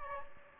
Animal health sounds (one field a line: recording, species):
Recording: mosquito wingbeat signal from an infrared sensor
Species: Aedes aegypti